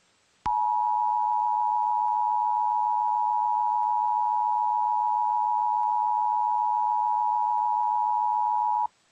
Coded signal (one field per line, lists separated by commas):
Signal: Emergency Alert System (SAME) tones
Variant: 853 and 960 Hz attention tone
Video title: MOCK EAS Tornado Warning for Loudon and Roane County in East TN